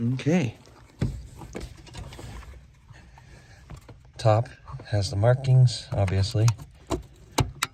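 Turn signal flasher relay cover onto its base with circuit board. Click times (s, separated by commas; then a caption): 7.4 s, 7.6 s. A plastic cover for the green turn signal flasher relay of a 1985–1988 Toyota Pickup or 4Runner is pushed back onto its base after the circuit board is lined up with its groove. Someone talks over soft handling noises, then two sharp snaps at 7.4 s and 7.6 s mark the cover seating in place.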